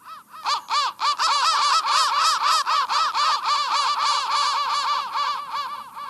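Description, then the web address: Crow giving rapid, almost continuous harsh caws, about four a second, that run together into a rough, pulsing stream. "soundfactory crow 1"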